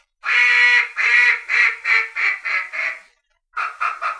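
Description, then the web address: Mallard quacks: a series of harsh quacks that start long and loud, then shorten and fade, followed by a short silence and three quieter quacks. "Duck -Mallard"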